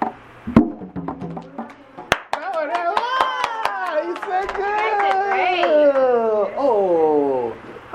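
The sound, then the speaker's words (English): Everybody claps for the last ensemble: scattered, uneven hand claps, sharp and fairly loud, for about two seconds, then a few more claps under loud, drawn-out voices singing or calling with gliding pitch. “Okay, now we are the last ensemble, so you have to clap your hands.”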